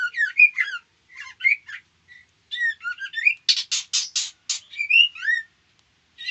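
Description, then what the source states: White-rumped shama giving quick whistled chirps and sweeping notes, with a loud series of rasping, buzzy bursts midway, then more rising whistles. Female.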